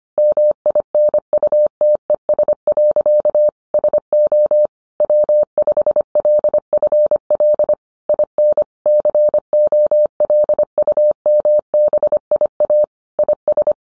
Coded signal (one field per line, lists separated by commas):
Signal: Morse code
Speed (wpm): 25 wpm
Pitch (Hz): 600 Hz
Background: none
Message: MINUTES. SO W5LFL IN COLUMBIA IS